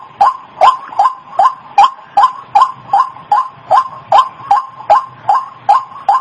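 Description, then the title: White-breasted waterhen repeating a loud, harsh croaking note about two or three times a second in a very even rhythm. Recording meant as a tutor track for training cage birds (masteran). "Masteran Suara Burung Ruak Ruak"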